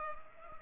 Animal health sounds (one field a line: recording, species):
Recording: mosquito wingbeat signal from an infrared sensor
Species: Culex pipiens